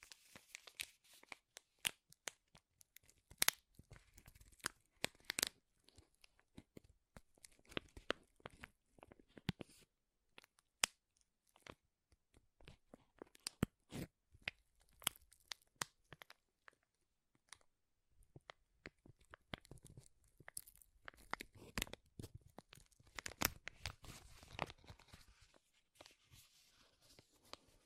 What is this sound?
Powerful Crinkles